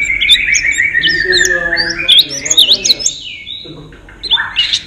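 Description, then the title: White-eye twittering song, a rapid jumble of high chirps and warbled notes, pausing briefly then resuming. "Pleci. Haji Ifa Kudus"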